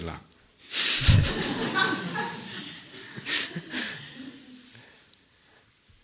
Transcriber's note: laughter